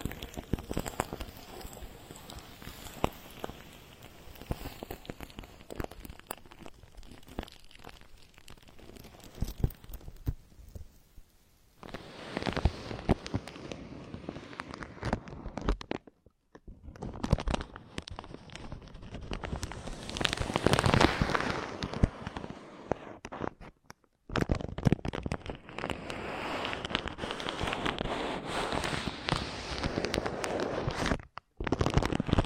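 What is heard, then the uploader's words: Fine touching and rubbing at the ear, made of dense crackling and brushing sounds with many tiny sharp pops. The texture swells and thins in waves, with brief near-silent breaks around 11, 16, 24 and 31 seconds before the scratchy rustle resumes. Ultra-fine ear touch, immersive experience.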